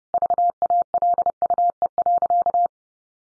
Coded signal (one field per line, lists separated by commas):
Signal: Morse code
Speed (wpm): 28 wpm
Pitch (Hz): 700 Hz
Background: none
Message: VALUE.